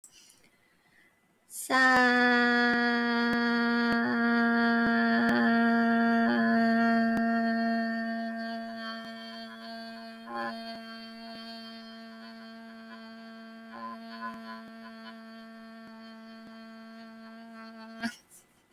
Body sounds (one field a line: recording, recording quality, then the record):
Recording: sustained vowel as in made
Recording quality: moderate, slight background noise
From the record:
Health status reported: healthy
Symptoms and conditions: cough, cold, breathing difficulty, muscle pain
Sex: female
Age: 21 years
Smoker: no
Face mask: not worn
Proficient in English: no